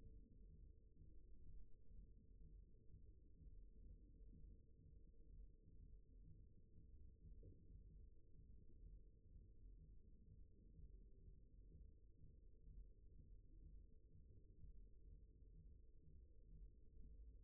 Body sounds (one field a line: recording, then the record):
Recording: forearm muscle sounds (acoustic myography)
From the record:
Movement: rest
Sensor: system 1, eight BSWA MPA416 microphones around the upper forearm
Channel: 1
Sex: male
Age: 54 years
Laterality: right